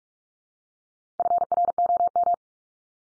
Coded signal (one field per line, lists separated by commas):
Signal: Morse code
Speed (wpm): 44 wpm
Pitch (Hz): 700 Hz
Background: none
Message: FROM